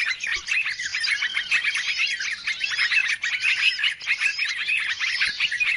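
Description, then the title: Flock of birds twittering continuously, high-pitched chirps and trills crowding together in a steady noisy chorus. Chorus of noisy birds used as a lure sound to attract birds; many birds said to approach as soon as it is played. "Baru Diputar Dah Banyak Merapat! Suara Pikat Burung Ribut"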